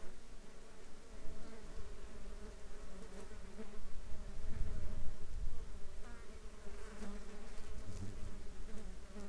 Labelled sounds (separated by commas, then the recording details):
wind, insects
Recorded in the Arctic National Wildlife Refuge, Alaska, on 19 July 2021 at 13:09
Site 33